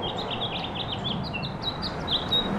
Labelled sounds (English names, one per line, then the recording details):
House Finch song
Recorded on Long Island, New York, on 17 May 2012
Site AB
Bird B